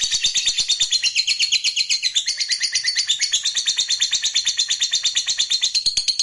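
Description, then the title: Lovebird song as a fast, steady stream of shrill chirps, high-pitched and unbroken throughout. "Suara Lovebird"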